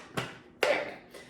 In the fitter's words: Locks into place.